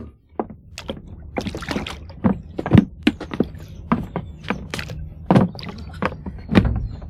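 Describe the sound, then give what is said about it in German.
Hollow wooden knocks and thumps of a rented rowboat with two rowing benches on a lake as people climb aboard, irregular bumps and clunks scattered over several seconds with a low rumble beneath. “Das ist ein gutes Boot. 2 Ruderbänke.”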